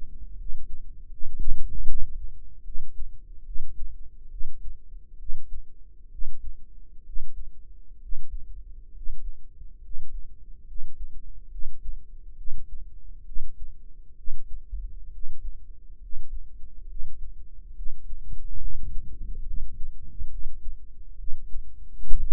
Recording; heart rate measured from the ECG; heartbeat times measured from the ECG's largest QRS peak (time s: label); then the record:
heart sounds by microphone in the right ear; 69 bpm
0.36 s: heartbeat
1.09 s: heartbeat
1.85 s: heartbeat
2.63 s: heartbeat
3.44 s: heartbeat
4.29 s: heartbeat
5.17 s: heartbeat
6.09 s: heartbeat
7.03 s: heartbeat
7.99 s: heartbeat
8.92 s: heartbeat
9.81 s: heartbeat
10.65 s: heartbeat
11.49 s: heartbeat
12.35 s: heartbeat
13.24 s: heartbeat
14.15 s: heartbeat
15.10 s: heartbeat
15.99 s: heartbeat
16.86 s: heartbeat
17.73 s: heartbeat
18.58 s: heartbeat
19.43 s: heartbeat
20.28 s: heartbeat
21.15 s: heartbeat
22.05 s: heartbeat
From the record:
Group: healthy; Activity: rest 0-1 s, Valsalva maneuver 1-22 s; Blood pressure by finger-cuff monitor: 109/71 mmHg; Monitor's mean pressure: 82 mmHg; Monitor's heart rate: 70 bpm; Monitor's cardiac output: 5.4 L/min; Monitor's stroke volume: 75 mL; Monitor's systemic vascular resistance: 1070 dyn s/cm5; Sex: female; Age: 22 years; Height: 160 cm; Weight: 45 kg